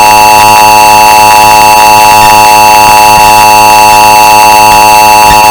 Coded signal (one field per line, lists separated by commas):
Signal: Emergency Alert System (SAME) tones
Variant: 853 and 960 Hz attention tone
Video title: Emergency Alert System [EAS] Sound Effect Bass Boosted Earrape (1 Hour)